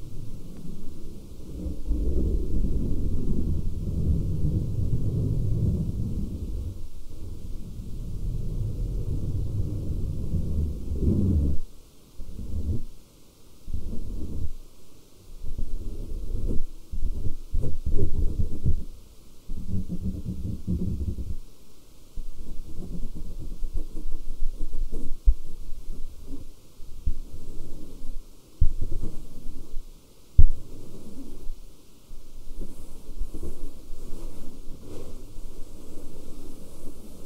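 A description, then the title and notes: Fabric is scratched and rubbed in low, muffled bursts, steady for the first eleven seconds, then broken into irregular short strokes with brief pauses. ASMR SCRATCHING FABRIC NO TALKING, FABRIC SOUNDS, AGGRESSIVE FABRIC SCRATCHING ASMR.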